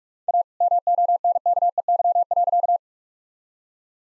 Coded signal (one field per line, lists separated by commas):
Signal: Morse code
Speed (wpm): 46 wpm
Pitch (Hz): 700 Hz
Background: none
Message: A MONKEY.